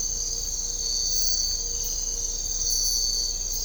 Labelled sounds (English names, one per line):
none